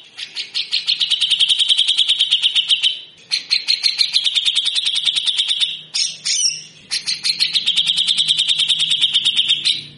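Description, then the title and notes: Grey-cheeked bulbul giving harsh, rapid rattling bursts, a dense buzzy trill running in long bouts of about three seconds separated by brief pauses. Grey-cheeked bulbul singing actively in a rough, harsh rattling style (besetan kasar), used for training birds. "MASTERAN CUCAK JENGGOT GACOR FULL BESETAN KASAR DURASI PANJANG. Burung cucak jenggot"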